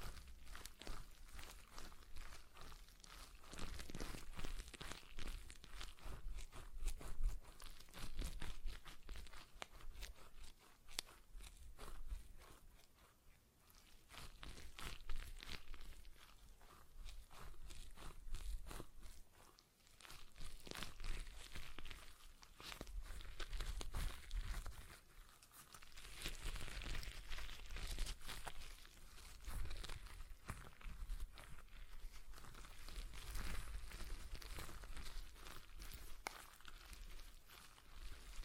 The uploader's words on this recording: ASMR Relaxing Stress Ball Sounds (No Talking).